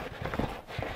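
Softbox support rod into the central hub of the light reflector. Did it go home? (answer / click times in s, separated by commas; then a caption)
no / none. A softbox support rod is handled and pushed toward the plastic hub bracket at the central hub of the light reflector, like opening an umbrella. Soft, uneven knocking and rubbing handling sounds are heard, with one brief sharper knock around 0.3 s. Nothing has seated or clicked into place yet.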